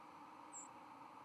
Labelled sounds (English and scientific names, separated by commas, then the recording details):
White-throated Sparrow (Zonotrichia albicollis) flight call
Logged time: 02:01 on 31 October 2014